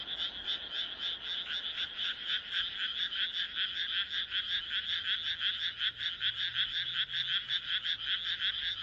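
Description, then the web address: Frog chorus of fast, throbbing pulsed croaks, the rhythm surging and easing in quick waves into an unbroken high buzz. "kaeru kaeru"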